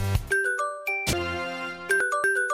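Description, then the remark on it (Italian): A Radio 24 hourly time-signal chime: a short sequence of bright, bell-like tones ringing at different pitches, punctuated by two sharp percussive hits. The chime is loud and clear, with no voices. “Il segnale orario vi è offerto da”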